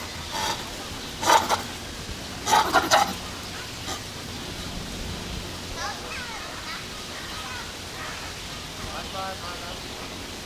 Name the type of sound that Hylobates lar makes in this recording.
call